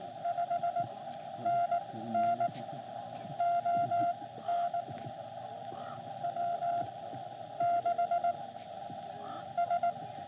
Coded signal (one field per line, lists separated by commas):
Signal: Morse code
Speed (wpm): 17 wpm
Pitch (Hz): 690 Hz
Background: radio noise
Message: 5NN ON W6 S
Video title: SOTA with Cat on Sandstone Peak | Morse Code with Cat (Beginner)